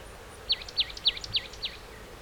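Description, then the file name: Marsh tit call: five crisp, downslurred notes repeated evenly about every quarter second, standing out clearly against a quiet, hissy background. "Poecile palustris"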